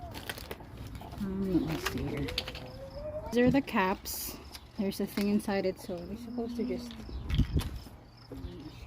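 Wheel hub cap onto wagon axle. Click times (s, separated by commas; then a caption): 7.3 s. Someone talks while fitting a plastic hub cap onto the end of the metal axle of a Radio Flyer Compass N Stroll wagon. The cap is pressed on and snaps into place with a short, sharp click at 7.3 seconds, seating it on the axle.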